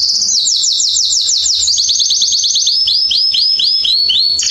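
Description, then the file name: Canary song, a continuous rolling trill of rapidly repeated sweeping notes, changing speed and pitch from tour to tour without a pause. "Canary Voice"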